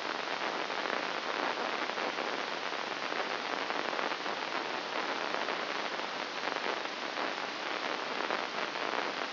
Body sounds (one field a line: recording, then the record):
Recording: brain microelectrode recording played as sound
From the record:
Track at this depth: inside the subthalamic nucleus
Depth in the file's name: 2.205 mm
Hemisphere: right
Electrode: 3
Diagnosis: Parkinson's disease